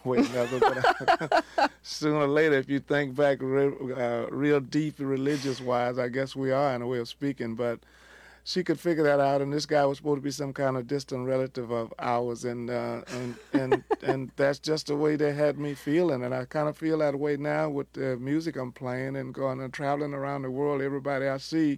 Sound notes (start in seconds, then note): 0.1 laughter; 13.0 laughter